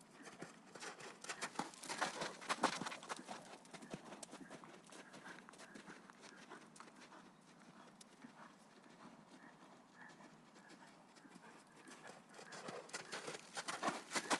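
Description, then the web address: Horse hooves galloping, with a busy run of thudding beats that peaks early, settles into a steadier softer patter, and swells again at the end. Horses galloping outside on sand. "fvtt-sonniss-gdc-audio -horses-galloping-outside-in-sand"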